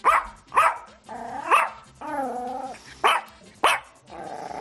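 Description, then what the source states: Yorkshire Terrier barking: sharp, high yappy barks with a drawn-out growling note in the middle, then two more quick barks. Described as always in a bad mood, with a difficult character.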